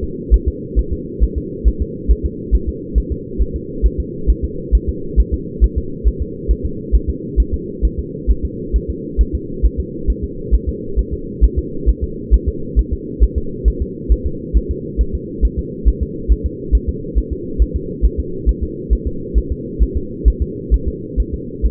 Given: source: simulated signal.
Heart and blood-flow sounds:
fetal heart sounds
0.04 s: S2
0.34 s: S1
0.48 s: S2
0.79 s: S1
0.93 s: S2
1.23 s: S1
1.38 s: S2
1.68 s: S1
1.82 s: S2
2.11 s: S1
2.26 s: S2
2.55 s: S1
2.69 s: S2
2.98 s: S1
3.12 s: S2
3.41 s: S1
3.56 s: S2
3.86 s: S1
4.00 s: S2
4.30 s: S1
4.44 s: S2
4.75 s: S1
4.89 s: S2
5.20 s: S1
5.34 s: S2
5.64 s: S1
5.78 s: S2
6.08 s: S1
6.22 s: S2
6.51 s: S1
6.65 s: S2
6.95 s: S1
7.09 s: S2
7.40 s: S1
7.54 s: S2
7.85 s: S1
7.99 s: S2
8.31 s: S1
8.45 s: S2
8.76 s: S1
8.90 s: S2
9.21 s: S1
9.35 s: S2
9.65 s: S1
9.80 s: S2
10.10 s: S1
10.24 s: S2
10.54 s: S1
10.69 s: S2
10.99 s: S1
11.13 s: S2
11.44 s: S1
11.59 s: S2
11.89 s: S1
12.04 s: S2
12.34 s: S1
12.48 s: S2
12.79 s: S1
12.93 s: S2
13.23 s: S1
13.38 s: S2
13.68 s: S1
13.82 s: S2
14.12 s: S1
14.27 s: S2
14.57 s: S1
14.71 s: S2
15.01 s: S1
15.15 s: S2
15.45 s: S1
15.59 s: S2
15.88 s: S1
16.02 s: S2
16.32 s: S1
16.46 s: S2
16.75 s: S1
16.89 s: S2
17.18 s: S1
17.32 s: S2
17.62 s: S1
17.76 s: S2
18.05 s: S1
18.20 s: S2
18.49 s: S1
18.63 s: S2
18.93 s: S1
19.07 s: S2
19.38 s: S1
19.52 s: S2
19.83 s: S1
19.97 s: S2
20.28 s: S1
20.42 s: S2
20.74 s: S1
20.88 s: S2
21.20 s: S1
21.34 s: S2
21.66 s: S1
From the record:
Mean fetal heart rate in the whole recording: 135 bpm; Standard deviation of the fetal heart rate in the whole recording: 3 bpm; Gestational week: 34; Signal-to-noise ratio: -4.3 dB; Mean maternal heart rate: 72 bpm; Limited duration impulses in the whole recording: absent

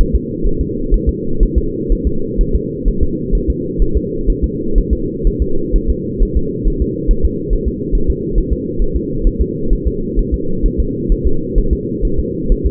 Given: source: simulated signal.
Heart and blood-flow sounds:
fetal heart sounds
0.01 s: S1
0.15 s: S2
0.47 s: S1
0.61 s: S2
0.94 s: S1
1.09 s: S2
1.43 s: S1
1.58 s: S2
1.92 s: S1
2.07 s: S2
2.41 s: S1
2.55 s: S2
2.88 s: S1
3.03 s: S2
3.35 s: S1
3.50 s: S2
3.82 s: S1
3.97 s: S2
4.30 s: S1
4.44 s: S2
4.78 s: S1
4.93 s: S2
5.27 s: S1
5.42 s: S2
5.76 s: S1
5.90 s: S2
6.23 s: S1
6.37 s: S2
6.68 s: S1
6.82 s: S2
7.11 s: S1
7.25 s: S2
7.53 s: S1
7.68 s: S2
7.95 s: S1
8.10 s: S2
8.38 s: S1
8.53 s: S2
8.82 s: S1
8.96 s: S2
9.27 s: S1
9.41 s: S2
9.73 s: S1
9.87 s: S2
10.19 s: S1
10.34 s: S2
10.66 s: S1
10.80 s: S2
11.12 s: S1
11.27 s: S2
11.58 s: S1
11.73 s: S2
12.05 s: S1
12.20 s: S2
12.52 s: S1
12.66 s: S2
From the record:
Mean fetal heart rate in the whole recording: 130 bpm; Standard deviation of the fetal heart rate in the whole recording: 4 bpm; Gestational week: 38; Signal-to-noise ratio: -8.1 dB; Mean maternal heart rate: 72 bpm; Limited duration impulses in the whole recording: absent

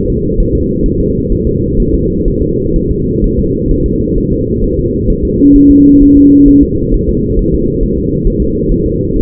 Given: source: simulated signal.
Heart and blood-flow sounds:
fetal heart sounds
0.10 s: S2
0.40 s: S1
0.55 s: S2
0.86 s: S1
1.01 s: S2
1.32 s: S1
1.47 s: S2
1.80 s: S1
1.95 s: S2
2.28 s: S1
2.43 s: S2
2.76 s: S1
2.91 s: S2
3.24 s: S1
3.39 s: S2
3.71 s: S1
3.86 s: S2
4.18 s: S1
4.33 s: S2
4.64 s: S1
4.79 s: S2
5.10 s: S1
5.25 s: S2
5.56 s: S1
5.71 s: S2
6.02 s: S1
6.17 s: S2
6.49 s: S1
6.63 s: S2
6.94 s: S1
7.09 s: S2
7.39 s: S1
7.54 s: S2
7.84 s: S1
7.98 s: S2
8.28 s: S1
8.42 s: S2
8.72 s: S1
8.86 s: S2
9.16 s: S1
From the record:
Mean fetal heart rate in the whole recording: 130 bpm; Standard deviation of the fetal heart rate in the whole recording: 4 bpm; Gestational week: 38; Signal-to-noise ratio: -14.7 dB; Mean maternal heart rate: 72 bpm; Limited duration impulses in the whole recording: present

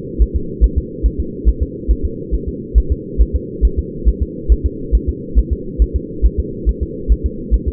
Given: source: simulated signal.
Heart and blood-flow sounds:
fetal heart sounds
0.22 s: S1
0.36 s: S2
0.64 s: S1
0.78 s: S2
1.06 s: S1
1.20 s: S2
1.48 s: S1
1.62 s: S2
1.91 s: S1
2.05 s: S2
2.34 s: S1
2.48 s: S2
2.78 s: S1
2.92 s: S2
3.21 s: S1
3.36 s: S2
3.65 s: S1
3.79 s: S2
4.08 s: S1
4.22 s: S2
4.52 s: S1
4.66 s: S2
4.95 s: S1
5.09 s: S2
5.39 s: S1
5.53 s: S2
5.82 s: S1
5.96 s: S2
6.25 s: S1
6.39 s: S2
6.69 s: S1
6.83 s: S2
7.12 s: S1
7.26 s: S2
7.54 s: S1
7.68 s: S2
From the record:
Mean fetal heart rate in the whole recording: 140 bpm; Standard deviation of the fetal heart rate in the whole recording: 2 bpm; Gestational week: 34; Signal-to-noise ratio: -4.3 dB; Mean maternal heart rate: 72 bpm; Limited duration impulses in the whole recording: absent

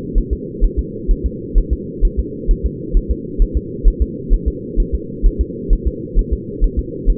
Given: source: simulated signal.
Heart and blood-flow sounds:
fetal heart sounds
0.18 s: S1
0.33 s: S2
0.65 s: S1
0.79 s: S2
1.11 s: S1
1.26 s: S2
1.58 s: S1
1.73 s: S2
2.05 s: S1
2.20 s: S2
2.51 s: S1
2.66 s: S2
2.97 s: S1
3.11 s: S2
3.42 s: S1
3.57 s: S2
3.88 s: S1
4.02 s: S2
4.34 s: S1
4.48 s: S2
4.80 s: S1
4.95 s: S2
5.27 s: S1
5.41 s: S2
5.73 s: S1
5.87 s: S2
6.19 s: S1
6.33 s: S2
6.64 s: S1
6.79 s: S2
7.10 s: S1
From the record:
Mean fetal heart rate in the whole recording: 130 bpm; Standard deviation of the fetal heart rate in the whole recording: 2 bpm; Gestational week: 38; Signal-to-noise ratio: -4.1 dB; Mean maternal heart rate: no maternal heart sound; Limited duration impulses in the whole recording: absent

